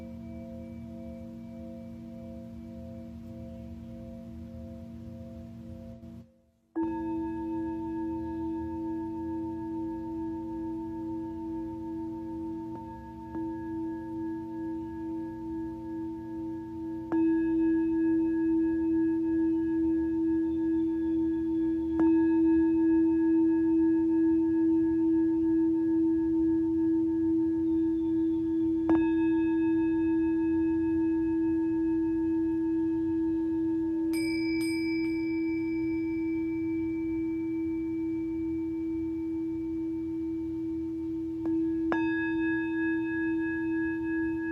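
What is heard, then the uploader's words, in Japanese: Singing bowls ring in a slow sound-healing session, long sustained tones layered over a low steady hum. After a brief silent gap near seven seconds, new bowls are struck every few seconds, each adding a brighter ringing note that lingers and slowly fades. メキシコから シンギングボウルのサウンドヒーリング ライブ。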